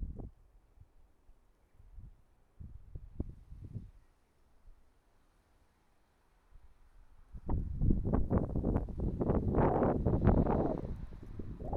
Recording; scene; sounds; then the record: everyday scene through a hearing-aid microphone; wind on the microphone; wind, traffic, birds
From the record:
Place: suburban garden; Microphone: behind the ear, right, rear